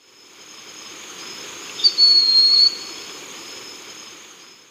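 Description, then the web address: Broad-winged hawk gives a single thin, high, nearly level whistle of under a second, over a steady background drone of insects. Ecuador. "Birds of Ecuador. Broad-winged Hawk"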